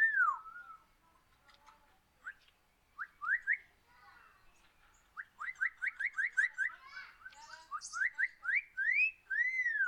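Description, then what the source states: Parrot producing whistled rising and falling notes in quick repeated series, a chirpy, tuneful stream with brief pauses. Parrot imitating children singing.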